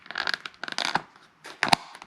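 A plastic rear wheel is pressed onto the axle end of the steel frame of a Radio Flyer 4-in-1 Stroll 'N Trike toddler trike, with the markings lined up to the inside of the wheel. Scratchy, rustling handling noise comes first, then two sharp snaps at 1.6 s and 1.7 s. The wheel is seated, snapped in place and completely flush.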